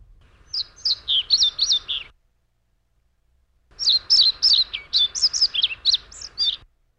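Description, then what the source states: European pied flycatcher song: two bursts of high, sweet, warbled notes, separated by a pause of over a second and a half. Male song after mating; field recording; females can detect the difference.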